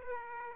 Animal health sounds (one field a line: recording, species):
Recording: mosquito wingbeat signal from an infrared sensor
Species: Aedes aegypti